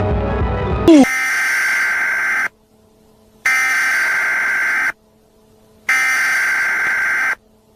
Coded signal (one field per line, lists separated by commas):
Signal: Emergency Alert System (SAME) tones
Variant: header bursts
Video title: Bird Television EAS SOUNDS history (1991-2024)